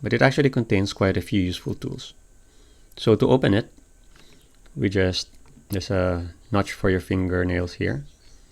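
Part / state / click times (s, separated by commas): folding blade in a key-shaped keychain multitool / not seated / none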